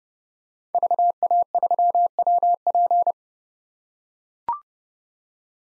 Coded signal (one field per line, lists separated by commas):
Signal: Morse code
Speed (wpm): 30 wpm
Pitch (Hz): 700 Hz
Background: none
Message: VA3WP